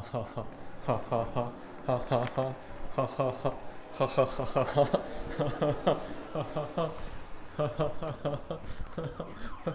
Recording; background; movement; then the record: laughter; traffic; walking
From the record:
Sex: male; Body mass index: 23.7 kg/m2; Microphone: on the chest, facing outward